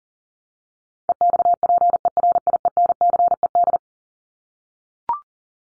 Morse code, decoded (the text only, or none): EXPERIENCED